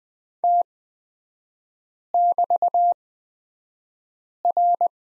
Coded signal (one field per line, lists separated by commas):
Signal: Morse code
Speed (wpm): 20 wpm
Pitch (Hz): 700 Hz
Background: none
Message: T<BT>R